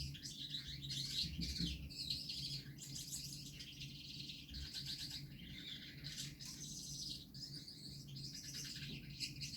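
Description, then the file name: Gouldian finch song, thin high buzzy and squeaky phrases in irregular bursts, over a steady low hum. Male singing. "samec amadiny gulda poyot"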